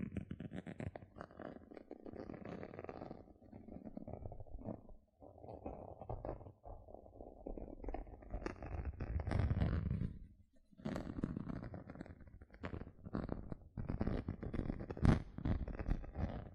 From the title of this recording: Tingly Gentle Scratching Sounds